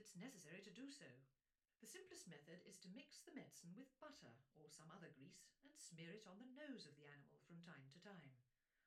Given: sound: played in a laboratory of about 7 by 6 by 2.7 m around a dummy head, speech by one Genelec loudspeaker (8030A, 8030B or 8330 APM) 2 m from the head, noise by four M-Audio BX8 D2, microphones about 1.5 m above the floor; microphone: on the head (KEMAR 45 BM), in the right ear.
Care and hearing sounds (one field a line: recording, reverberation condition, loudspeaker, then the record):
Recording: female speech in English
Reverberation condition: low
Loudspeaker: behind (180 degrees)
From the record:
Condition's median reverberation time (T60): about 310 ms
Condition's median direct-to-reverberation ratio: about 3.5 dB